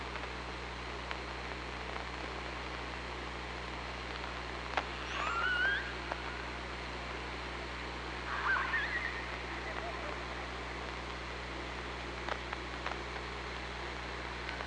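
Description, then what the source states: Orca calls, two short tonal calls with harmonics a few seconds apart, set against constant low hiss and occasional faint clicks. Recorded on the OrcaLab hydrophone, underwater, 24 August 2017.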